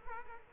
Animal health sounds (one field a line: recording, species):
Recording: mosquito wingbeat signal from an infrared sensor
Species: Culex quinquefasciatus